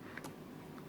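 Plastic clip-on latches holding the keyboard of a Dell Inspiron 15-3000 series laptop in its palmrest are pried along the keyboard edge to release them during a dead keyboard replacement. Short snaps are heard at 0.2 s and 0.8 s against a steady low hum, and the latches pop open and release.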